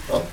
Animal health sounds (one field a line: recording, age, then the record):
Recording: pig call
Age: piglet (1 to 25 days)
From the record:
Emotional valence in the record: positive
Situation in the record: reunion after long isolation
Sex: male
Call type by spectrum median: low-frequency call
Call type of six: low-frequency tonal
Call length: 0.32 s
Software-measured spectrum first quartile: 456 Hz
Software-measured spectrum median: 637 Hz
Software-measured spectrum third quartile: 1909 Hz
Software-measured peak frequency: 540 Hz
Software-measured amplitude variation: 140 dB a second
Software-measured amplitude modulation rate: 15.5 a second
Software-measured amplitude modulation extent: 9.0 dB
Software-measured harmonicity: 2.4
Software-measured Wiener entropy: -1.58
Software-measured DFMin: 948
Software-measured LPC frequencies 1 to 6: 562, 1017, 1923, 2797, 3427, 4272 Hz